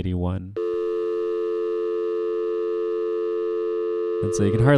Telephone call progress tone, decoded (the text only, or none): dial tone